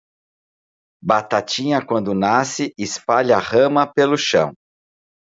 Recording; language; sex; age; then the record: short text; Brazilian Portuguese; male; 50 to 59 years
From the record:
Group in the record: control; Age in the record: 55 years